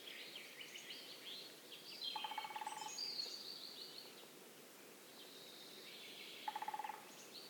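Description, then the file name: Lesser spotted woodpecker drumming in two brief, fairly quiet rolls, with high, thin twittering from other birds. Recorded in Belgium. "Kleinspecht Bram-Vogels-Belgien"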